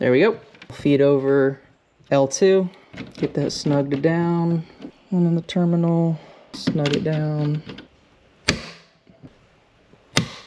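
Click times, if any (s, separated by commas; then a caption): 10.2 s. Someone talks while snugging a feed wire down over L2 on the terminal of a 60A Tesla charger with a torque screwdriver set to 50 inch-pounds. A sharp transient is heard at 8.5 s, and the screwdriver clicks at its 50 inch-pound setting at 10.2 s, confirming the terminal screw is torqued.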